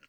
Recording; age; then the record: pig call; piglet (1 to 25 days)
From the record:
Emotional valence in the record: positive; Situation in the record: reunion after long isolation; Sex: male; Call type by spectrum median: low-frequency call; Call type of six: low-frequency tonal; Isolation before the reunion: 8 minutes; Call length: 0.09 s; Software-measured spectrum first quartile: 1312 Hz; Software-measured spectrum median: 2167 Hz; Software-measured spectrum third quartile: 2895 Hz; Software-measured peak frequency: 1409 Hz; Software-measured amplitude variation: 174 dB a second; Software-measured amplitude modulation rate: 5.9 a second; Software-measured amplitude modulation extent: 29.7 dB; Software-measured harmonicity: 3.7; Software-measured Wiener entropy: -0.88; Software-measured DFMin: 816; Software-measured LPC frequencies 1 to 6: 1432, 2801, 4419, 5421, 6294, 8528 Hz